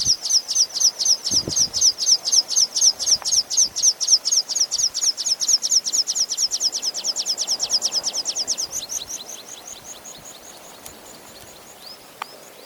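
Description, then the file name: Water pipit giving a long rapid string of thin high chirps that slowly fade, followed by a few scattered faint notes and light background hiss. "Spioncello"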